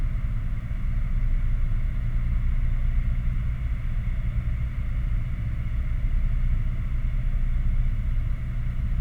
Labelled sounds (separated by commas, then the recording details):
machinery, flare stack
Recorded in the Prudhoe Bay oil fields, Alaska, on 11 August 2019 at 22:35
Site 29